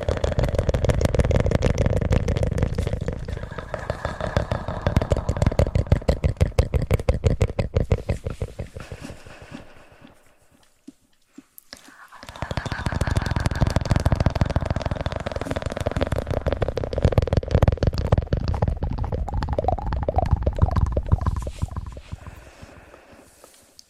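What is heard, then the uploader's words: Wet mouth sounds crackle in dense rapid bursts, low, fading near ten seconds into a brief silence before resuming steadily. Mouth sounds.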